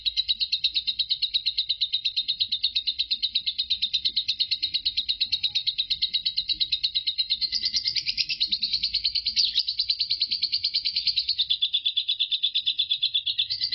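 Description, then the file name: Lovebird chattering nonstop, a fast run of shrill, scratchy notes that shifts slightly higher midway before settling again, over a soft low hum. Lovebird singing in the Indonesian ngekek style, one continuous bout lasting 5 minutes 25 seconds. "suara burung lovebird Marco durasi ngekek 5 menit 25 detik"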